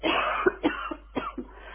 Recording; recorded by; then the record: voluntary cough; telephone call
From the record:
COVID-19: positive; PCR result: self-reported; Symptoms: yes